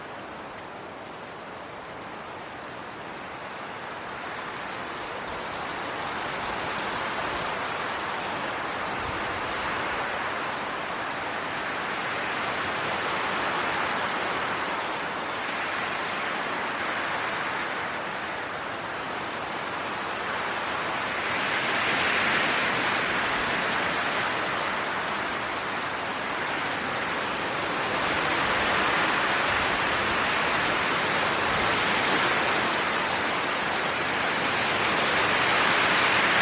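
Wind rushes steadily through a forest, a dense hiss of moving air and leaves with no distinct events. It swells in slow waves, growing gradually louder over the clip, with brighter gusts around 22 seconds and again near 28 and 35 seconds.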